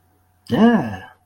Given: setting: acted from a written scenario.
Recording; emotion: vocal sound without words; pride